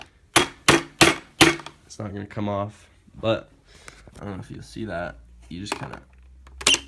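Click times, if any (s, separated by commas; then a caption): 6.7 s. Someone talks while a steel belt tensioner arm on a homemade 2x72 belt sander, built for $20 with no welding, is popped back out of the cut eyebolt catch on its frame. Four sharp knocks ring out near the start, at about 0.4, 0.7, 1.0 and 1.4 seconds. The arm pops free with a loud click at 6.7 seconds and comes out cleanly.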